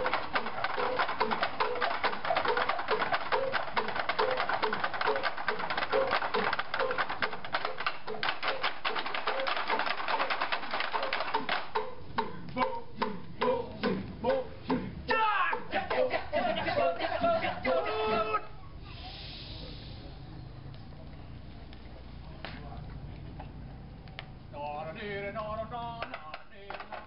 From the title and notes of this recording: Kecak performance. A performance of the Kecak (Ramayana Monkey Chant) in Ubud, on the island of Bali, Indonesia.